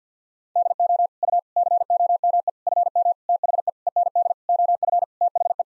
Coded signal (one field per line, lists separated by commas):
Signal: Morse code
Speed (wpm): 47 wpm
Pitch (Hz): 700 Hz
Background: none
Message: DO U COME FM THE END OF THE